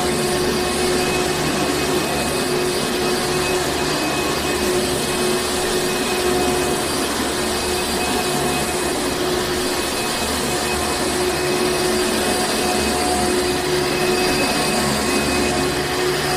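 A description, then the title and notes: A vacuum runs steadily throughout, a dense, unchanging roar with a low rumble underneath and a thin whine holding one pitch. A Vacuum.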